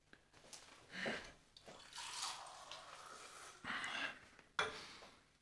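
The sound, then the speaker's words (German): Water is poured into a glass in several splashing, gurgling bursts with short pauses between them, moderately loud and with no voices. “Könnte ich wohl ein Glas Wasser bekommen?”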